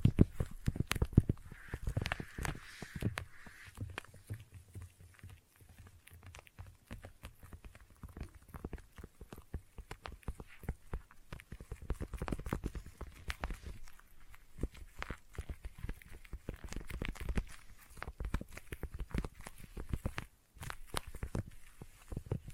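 Intense sticky tapping fills the clip with a dense run of short, crisp taps and moist clicks, quick and irregular with brief pauses. Around the second to fourth seconds a soft brighter hiss sits under the taps, and a low thump repeats early on.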